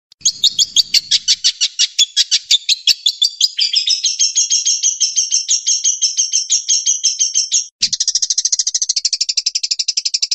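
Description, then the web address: Long-tailed shrike song: loud, rhythmic harsh chattering notes turning into a smoother rapid trill, then a fast buzzy rattle after a short break; faint low rumble near the start. Training recording with varied fill-in phrases. "cendet variasi isian. masteran cendet"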